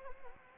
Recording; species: mosquito wingbeat signal from an infrared sensor; Anopheles gambiae